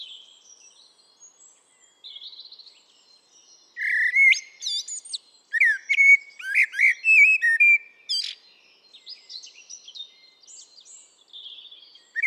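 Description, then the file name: Eurasian blackbird song: soft high twittering at first, then a loud run of fluty whistled notes with squeaky high flourishes, fading back into quieter twitters. "Turdus merula"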